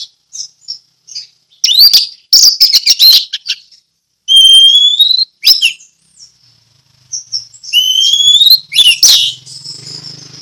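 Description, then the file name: Orange-headed thrush song of scattered high chips, rich warbled bursts and clear rising whistles, with pauses between phrases and a faint low hum near the end. Orange-headed thrush singing in the ngeplong song style. "anis merah ngeplong"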